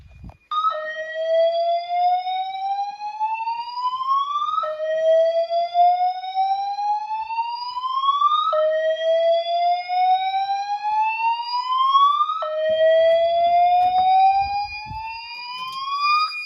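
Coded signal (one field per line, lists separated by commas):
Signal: alarm pattern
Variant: slow whoop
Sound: loud harmonic tone sweeping upward, repeating four times, each rise about four seconds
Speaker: This time I've set the system to play the slow whoop and default message.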